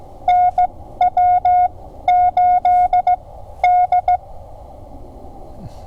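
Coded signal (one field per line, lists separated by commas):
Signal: Morse code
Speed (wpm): 16 wpm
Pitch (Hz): 720 Hz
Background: none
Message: NW8D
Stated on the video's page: CW on a Parks on the Air activation at a state park in New Jersey.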